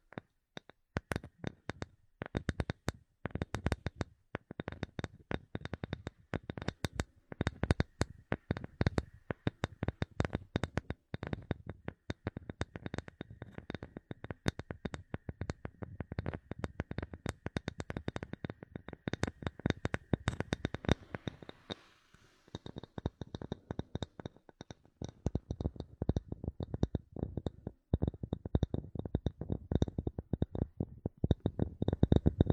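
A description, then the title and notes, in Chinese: Rapid tapping and knocking, a dense, irregular stream of sharp clicks that runs almost without pause. Around 22 seconds the taps thin out briefly into a soft rustle, then resume just as busy. A faint steady high tone sits underneath. 舒缓解压的敲击音。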